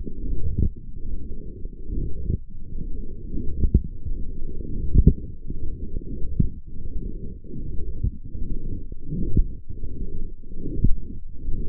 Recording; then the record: forearm muscle sounds (acoustic myography)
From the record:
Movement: forearm supination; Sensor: system 1, eight BSWA MPA416 microphones around the upper forearm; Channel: 5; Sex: female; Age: 20 years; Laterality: right